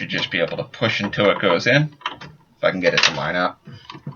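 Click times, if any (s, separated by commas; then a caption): none. A 24-pin ATX motherboard power plug is lined up with and pushed toward its socket on the motherboard while someone talks throughout. The plug has not seated or clicked in yet.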